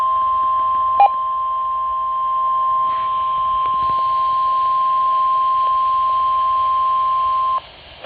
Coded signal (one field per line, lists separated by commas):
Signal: Emergency Alert System (SAME) tones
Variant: 1050 Hz attention tone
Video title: EAS #30 - Severe Thunderstorm Warning